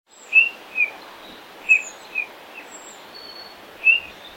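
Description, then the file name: Eurasian bullfinch calls: several short, soft piping notes spaced irregularly, with a few faint higher thin notes over steady background hiss. "Pyrrhula pyrrhula"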